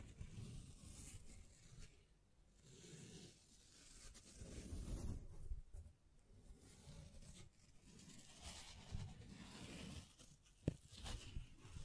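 Hands brush and scratch against a microphone in uneven rustling swells, mostly low and muffled, with a sharp tap near eleven seconds.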